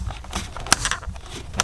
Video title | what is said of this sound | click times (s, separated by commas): BMW G30/F90 STEERING WHEEL UPGRADE | remember these two tabs click them in | 0.7 s, 1.6 s